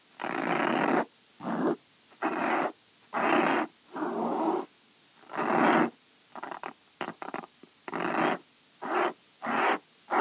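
Fabric being scratched in short, separate bursts, each a rough, hissing rasp lasting under a second, with brief silences between. Around the seventh second the strokes turn quicker and choppier, then longer rubs resume toward the end.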